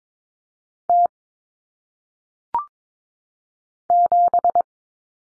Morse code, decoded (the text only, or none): T 7